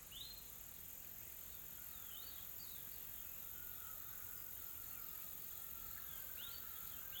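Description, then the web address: Insects in a steady high-pitched hissing drone, with scattered short rising bird chirps. Calm, soft insect ambience recorded in a tropical forest in South Africa. "Smart Sound FX - Nature South Africa AMBIENCE Additional Tropical Forest Soft Insects Calm"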